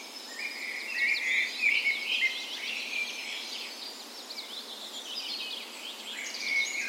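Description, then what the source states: Bird dawn chorus: birds at dawn, a bright whistled phrase at the start over a blur of other high chirping songs. Dawn chorus in a park west in Bergen, Norway, on the morning of 17 May, Norway's National Day, in spring; recorded with Sony PCM A10 and LOM Usi microphones as tree ears.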